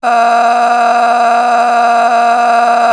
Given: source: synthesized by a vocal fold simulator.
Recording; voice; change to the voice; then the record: sustained vowel; female; a random mix of aspiration noise, stiffness perturbation and strain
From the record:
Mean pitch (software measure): 236 Hz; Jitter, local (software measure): 1.70%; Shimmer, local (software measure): 13.8%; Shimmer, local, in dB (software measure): 1.23 dB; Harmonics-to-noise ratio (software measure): 11.4 dB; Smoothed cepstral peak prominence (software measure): 11.9 dB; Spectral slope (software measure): -17.4 dB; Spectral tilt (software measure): -8.8 dB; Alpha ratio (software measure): -7.9 dB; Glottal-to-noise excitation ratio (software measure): 0.779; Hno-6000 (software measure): 1.8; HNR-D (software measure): 33.0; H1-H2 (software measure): -2.6 dB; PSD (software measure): 9.5e-05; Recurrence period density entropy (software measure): 0.126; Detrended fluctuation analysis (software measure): 0.0124